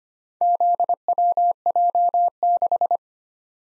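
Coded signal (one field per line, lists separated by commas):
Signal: Morse code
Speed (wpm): 25 wpm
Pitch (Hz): 700 Hz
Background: none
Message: ZWJ6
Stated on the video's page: Morse practice drill of random four-character letter-number groups at 25 wpm, each sent, then spoken, then sent again for head-copy.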